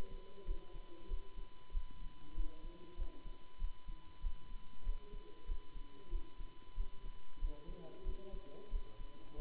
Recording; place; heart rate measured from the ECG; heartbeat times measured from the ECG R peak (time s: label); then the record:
heart sounds by stethoscope; between the tricuspid and mitral areas; 94 bpm
0.44 s: heartbeat
1.06 s: heartbeat
1.70 s: heartbeat
2.33 s: heartbeat
2.95 s: heartbeat
3.57 s: heartbeat
4.19 s: heartbeat
4.82 s: heartbeat
5.44 s: heartbeat
6.08 s: heartbeat
6.73 s: heartbeat
7.37 s: heartbeat
8.02 s: heartbeat
8.68 s: heartbeat
9.34 s: heartbeat
From the record:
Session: Bruce protocol treadmill stress test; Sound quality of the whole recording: good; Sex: male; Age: 26 years